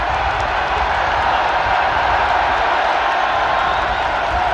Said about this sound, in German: Das dauert noch eine Zeit lang, bis dieser Jubel verebbt.